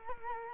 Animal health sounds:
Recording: mosquito wingbeat signal from an infrared sensor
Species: Culex quinquefasciatus

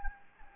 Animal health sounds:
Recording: mosquito wingbeat signal from an infrared sensor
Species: Anopheles gambiae

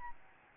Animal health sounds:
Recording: mosquito wingbeat signal from an infrared sensor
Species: Aedes albopictus

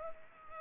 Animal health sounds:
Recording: mosquito wingbeat signal from an infrared sensor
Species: Culex pipiens

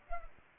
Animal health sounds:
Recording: mosquito wingbeat signal from an infrared sensor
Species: Culex pipiens

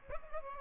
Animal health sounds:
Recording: mosquito wingbeat signal from an infrared sensor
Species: Aedes albopictus

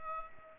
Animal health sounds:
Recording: mosquito wingbeat signal from an infrared sensor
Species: Culex pipiens

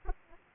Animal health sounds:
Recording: mosquito wingbeat signal from an infrared sensor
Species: Aedes aegypti

